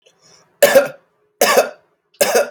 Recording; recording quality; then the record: heavy voluntary cough; excellent, no background noise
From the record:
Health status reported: healthy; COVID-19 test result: negative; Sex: male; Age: 23 years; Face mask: not worn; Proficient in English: yes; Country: United States